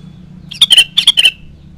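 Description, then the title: Sooty-headed bulbul song: a brisk, bubbling run of about six clear notes, some ending in a slight downward slur, with a faint hum behind. "Kutilang"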